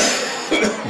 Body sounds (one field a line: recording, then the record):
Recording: coughing mixed with background sound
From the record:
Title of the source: Spring Cold Coughing 3